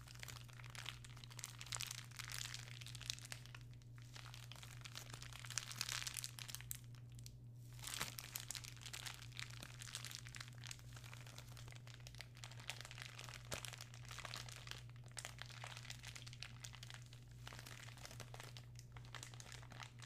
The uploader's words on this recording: Enjoy some ongoing plastic crinkling.